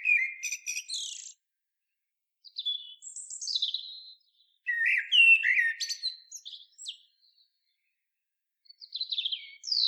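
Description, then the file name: Common blackbird delivering short mellow phrases ending in thin high squeaks, four separate bursts with gaps of quiet between them. "Turdus merula"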